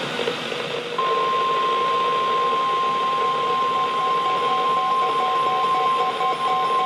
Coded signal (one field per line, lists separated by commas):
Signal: Emergency Alert System (SAME) tones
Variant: 1050 Hz attention tone